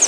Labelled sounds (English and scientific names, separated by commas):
Pine Warbler (Setophaga pinus) flight call